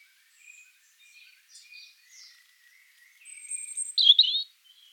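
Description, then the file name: European robin uttering soft, scattered high squeaky notes, building to a louder, quavering warbled phrase near the end. "Erithacus rubecula"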